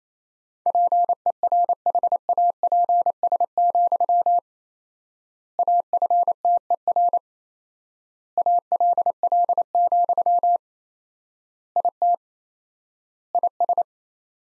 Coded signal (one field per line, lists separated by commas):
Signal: Morse code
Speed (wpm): 28 wpm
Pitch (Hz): 700 Hz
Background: none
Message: PERHAPS, AFTER ALL, IT IS